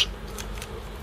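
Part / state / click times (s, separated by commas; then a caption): replacement plastic keycap onto keyboard switch stem / not seated / none. A replacement plastic keycap (A1200.net replacement keys for a Commodore Amiga A2000 DIY keyboard in a Checkmate keyboard shell) is pressed onto a keyboard switch stem, producing two faint plastic ticks at about 0.4 s and 0.6 s over a low steady hum. The keycap does not clip on; nothing has seated or clicked yet.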